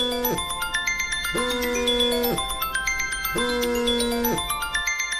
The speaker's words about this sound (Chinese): 小李来电话了。哎，小荣，你接？你怎么不接呀？